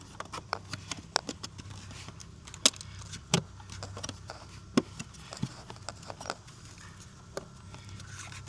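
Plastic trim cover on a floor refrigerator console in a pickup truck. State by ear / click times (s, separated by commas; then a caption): not seated / none. A plastic trim cover is pressed by hand over the side of a CyberGear 18L center console floor refrigerator in a Cybertruck pickup, producing several sharp plastic knocks, the loudest near 1.2, 2.7 and 3.3 seconds, among softer rattling. The cover does not snap or click into place; it only sits as snug as it can be pressed on.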